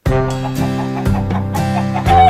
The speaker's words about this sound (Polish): Wśród zwierząt. No przepięknie, przepięknie brzmi ten sygnał. On będzie zapowiadał cykl Wśród zwierząt.